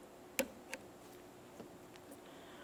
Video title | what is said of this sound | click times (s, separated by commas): How to Replace Fuel Level Sensor 1994-2002 Dodge Ram 2500 | press it all the way in there with a small screwdriver or pick and listen for a click | 0.4 s